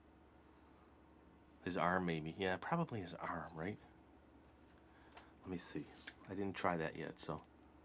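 Someone talks while handling a small plastic Woody Happy Meal toy from the 1999 Disney-Pixar Toy Story 2 McDonald's set, working its spring-loaded quick-draw arm mechanism. The arm is meant to latch into its cocked position in the body, but nothing has clicked into place yet.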